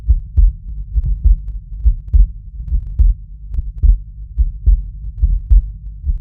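Steady, low, muffled lub-dub heartbeats of an adult at about 71 per minute, picked up through a homemade DIY stethoscope.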